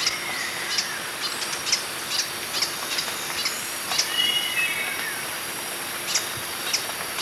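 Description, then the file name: Green hermit calling with thin, high chip notes at uneven intervals, over constant high hiss, with slurred whistles in between. "Phaethornis guy - Green Hermit"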